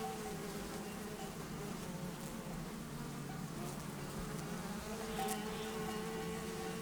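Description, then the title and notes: Bumblebee flight buzz, a dense low steady drone. Bumblebees and other pollinators flying flower to flower for nectar, warm morning after overnight cloud, 6500 ft meadow, south end of Taylor Lake, Russian Wilderness, Klamath National Forest, Siskiyou County, California. "Russian Wilderness- Buzzing Meadow Morning. The bumblebees, butterflies, and other pollinators were out early, flying from flower to flower getting their of fill of nectar"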